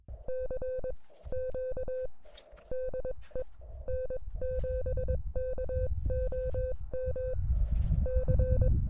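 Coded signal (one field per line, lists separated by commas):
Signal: Morse code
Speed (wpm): 22 wpm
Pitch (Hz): 510 Hz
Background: none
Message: C Q DE N7KOM C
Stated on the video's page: SOTA summit activation in Idaho from a fire lookout, including a summit-to-summit contact.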